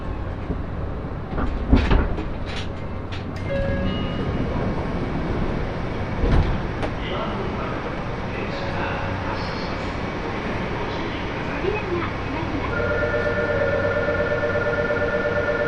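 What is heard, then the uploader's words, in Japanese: Riding a train: a steady low rumble runs throughout, with sharp clacks and knocks clustered early and again around six seconds. Faint voices mix in, and from about thirteen seconds a steady high whine, like a motor, holds to the end. 鉄道旅 佐賀→博多→中洲川端→呉服町。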